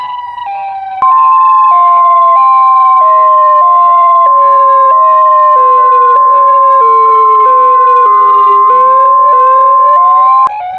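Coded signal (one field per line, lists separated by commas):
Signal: Emergency Alert System (SAME) tones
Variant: 1050 Hz attention tone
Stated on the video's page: Fictional scenario using valid SAME tones and an attention tone from other recordings.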